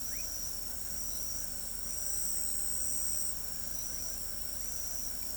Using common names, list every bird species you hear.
none